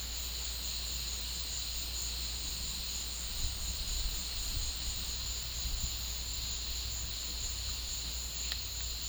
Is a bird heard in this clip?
no